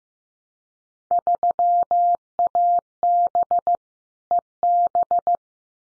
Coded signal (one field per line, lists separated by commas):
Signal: Morse code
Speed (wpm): 15 wpm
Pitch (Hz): 700 Hz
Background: none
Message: 3AB EB